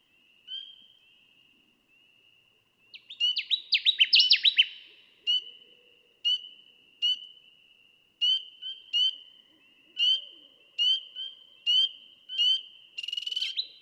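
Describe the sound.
Connecticut warbler song: a loud burst of quick, swooping notes midway, with a constant high tone and brief bright notes repeating through the rest.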